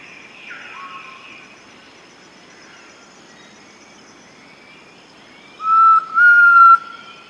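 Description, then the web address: Antpitta whistled song, two clear steady mid-pitched whistles in quick succession near the end, after faint scattered whistles over a soft background hiss. South America. "S America Elusive Antpitta"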